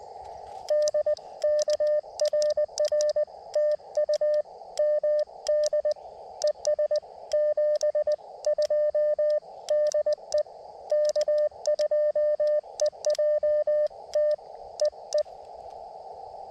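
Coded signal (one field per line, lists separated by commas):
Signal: Morse code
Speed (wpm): 19 wpm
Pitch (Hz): 600 Hz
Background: radio noise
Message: DK RR TU MD ES 72 DE K2EJT EE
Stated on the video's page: Early morning CW park activation with Elecraft KX2 and Gabil GRA-7350TC antenna; key sounds exaggerated loud by close camera.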